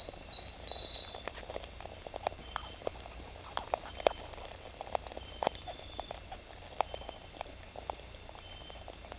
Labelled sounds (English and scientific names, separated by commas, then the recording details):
none
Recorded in secondary vegetation near Puerto Asís, Putumayo, Colombia, on 16 December 2024 at 01:30
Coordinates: 0.481, -76.318
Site G042